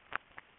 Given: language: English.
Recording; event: throat vibration sensor signal played as sound; swallow